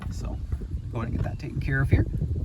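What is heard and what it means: Steel fuel line quick-connect couplings are being handled onto a new inline fuel filter on a Ford Ranger 3.0L V6 pickup truck. Someone talks over low, rumbling background noise. Nothing has seated or clicked yet.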